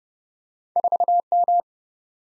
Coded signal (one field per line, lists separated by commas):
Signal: Morse code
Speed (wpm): 29 wpm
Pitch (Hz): 700 Hz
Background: none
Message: 4M